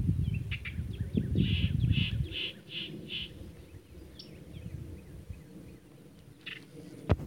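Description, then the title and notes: Yellow-breasted chat giving a run of several evenly spaced clear notes, with low rumbling noise at first and a sharp click at the end. "Yellow-breasted Chat by Christie Mullen"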